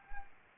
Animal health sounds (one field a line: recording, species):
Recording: mosquito wingbeat signal from an infrared sensor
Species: Anopheles arabiensis